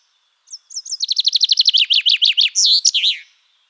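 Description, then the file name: Common chaffinch song, a bright accelerating series of high notes falling in pitch, ending in a brief twisted flourish, about three seconds long. "Fringilla coelebs"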